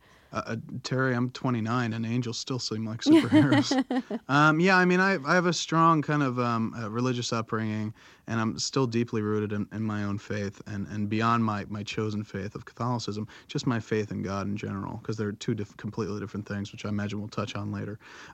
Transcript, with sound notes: Terry, I'm 29, and angels still seem like superheroes.
(laughs)
Yes, I mean, I had a strong kind of a religious upbringing, and I'm still deeply rooted in my own faith, and beyond my chosen faith of Catholicism, just my faith in God in general, because they're two completely different things. Which I imagine we'll touch on later.